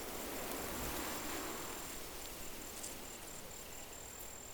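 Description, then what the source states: Insect chorus with a high, rapidly pulsing trill that breaks off briefly midway, set against constant wind-like hiss. Outdoor grassland at night with a breeze.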